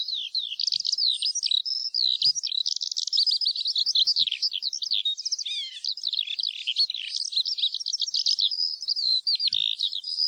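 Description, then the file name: Eurasian skylark song, a long unbroken stream of fast twittering, trilled and warbled notes, high-pitched and continuous without pauses. "ALLODOLA"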